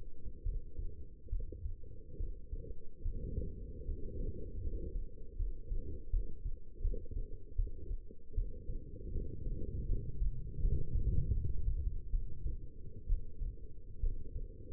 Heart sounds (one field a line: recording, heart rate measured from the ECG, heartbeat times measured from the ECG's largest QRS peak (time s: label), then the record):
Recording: heart sounds by stethoscope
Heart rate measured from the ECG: 75 bpm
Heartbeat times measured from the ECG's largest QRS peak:
0.43 s: heartbeat
1.29 s: heartbeat
2.17 s: heartbeat
3.02 s: heartbeat
3.85 s: heartbeat
4.61 s: heartbeat
5.36 s: heartbeat
6.10 s: heartbeat
6.81 s: heartbeat
7.56 s: heartbeat
8.35 s: heartbeat
9.12 s: heartbeat
9.86 s: heartbeat
10.60 s: heartbeat
11.33 s: heartbeat
12.10 s: heartbeat
13.07 s: heartbeat
14.00 s: heartbeat
From the record:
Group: healthy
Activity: rest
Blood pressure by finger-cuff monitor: 150/88 mmHg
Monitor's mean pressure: 105 mmHg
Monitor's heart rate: 77 bpm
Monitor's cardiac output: 6.6 L/min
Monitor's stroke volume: 87 mL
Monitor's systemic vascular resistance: 1210 dyn s/cm5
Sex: female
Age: 22 years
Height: 171 cm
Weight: 65.6 kg